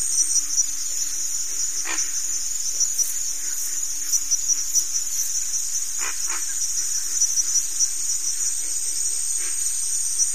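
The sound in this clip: Crickets trilling in a steady, unbroken high-pitched chorus, with several layered bands of sound and a few soft clicks beneath.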